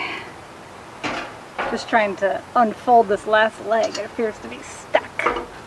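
Someone talks while working the stuck last folding metal leg of an Endless Summer fire pit stand, with light handling sounds between the words. The leg is still being handled and nothing has seated or clicked yet.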